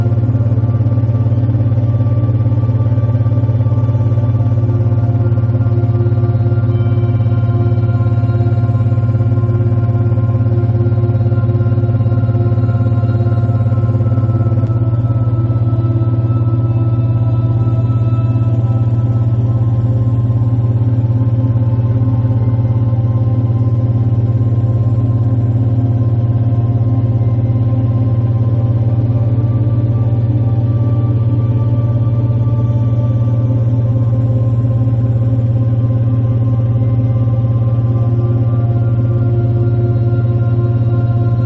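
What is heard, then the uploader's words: A steady binaural beat tone meant for 4 Hz and 11 Hz theta and alpha pulsing, made of a dense low hum with many held tones stacked above it. The drone barely changes, with only a slight shift around fifteen seconds. 4Hz 11Hz sound & Theta +Alpha binaural.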